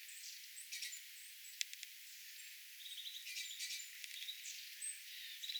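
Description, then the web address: Long-tailed tit calls: thin high whistled notes mixed with a few sharp ticks and short buzzy trills, irregularly spaced, with light background hiss. Calls of a small flock of tits including long-tailed tits, 27 January 2026. "paivat 27 1 2026 pikkulintuparvi pyrstotiais tiaisparven aantelya"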